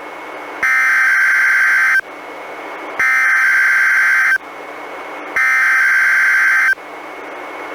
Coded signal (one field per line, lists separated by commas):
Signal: Emergency Alert System (SAME) tones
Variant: header bursts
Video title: EAS #177: NWR Required Weekly Test- May 31, 2017- 11:05AM PDT